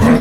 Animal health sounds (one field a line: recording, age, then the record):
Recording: pig call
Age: piglet (1 to 25 days)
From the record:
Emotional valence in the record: positive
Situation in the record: reunion after long isolation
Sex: female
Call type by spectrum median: low-frequency call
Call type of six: low-frequency tonal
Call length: 0.21 s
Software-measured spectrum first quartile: 207 Hz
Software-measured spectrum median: 332 Hz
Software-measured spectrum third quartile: 865 Hz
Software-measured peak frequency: 233 Hz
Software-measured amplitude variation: 86 dB a second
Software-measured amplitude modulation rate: 21.2 a second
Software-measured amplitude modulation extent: 4.1 dB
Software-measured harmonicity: 4.3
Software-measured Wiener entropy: -1.58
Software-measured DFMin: 1016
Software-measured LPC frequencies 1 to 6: 1013, 1853, 3431, 5096, 5683, 6526 Hz